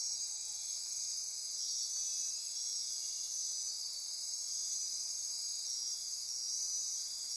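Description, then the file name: Insects in chorus, continuous bright ringing trills layered at several high pitches, holding steady with no pauses. Insect chorus recorded at midnight near Corcovado. "Wind-is-the-Original-Radio-Fridays 20240628 Andy-Martin Midnight-Insect-Chorus-Near-Corcovado"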